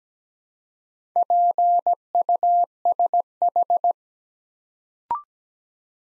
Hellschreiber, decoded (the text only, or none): none